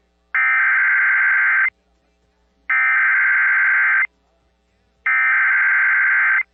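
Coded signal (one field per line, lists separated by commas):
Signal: Emergency Alert System (SAME) tones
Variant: header bursts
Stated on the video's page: Alerts captured during a hurricane affecting Puerto Rico.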